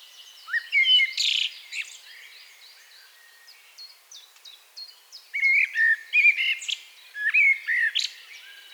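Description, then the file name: Common blackbird singing mellow, fluting phrases that break into high, scratchy twitters, one burst at the start and a longer one after five seconds, over soft background chirps. "Turdus merula"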